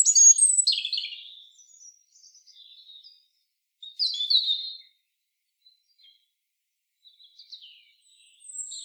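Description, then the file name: European robin song: a loud tumbling phrase of descending high notes fading into soft twittering, a second bright burst, then quiet scattered notes. "Erithacus rubecula"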